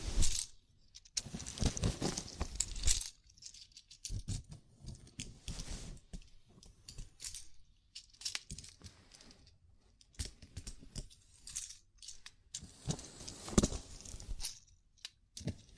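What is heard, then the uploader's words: A scalp massage with fingers scratching and rustling through hair in irregular bursts, loudest and densest in the first three seconds and again around thirteen to fourteen seconds. Between bursts come softer crackly strokes and brief near-silent pauses, with bright scratchy detail throughout. ASMR Sleepy Scalp Massage (No Talking).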